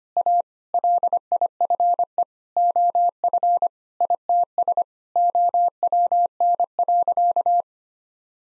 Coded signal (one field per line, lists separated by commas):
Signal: Morse code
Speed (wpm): 25 wpm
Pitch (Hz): 700 Hz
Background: none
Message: A LIFE OF ITS OWN.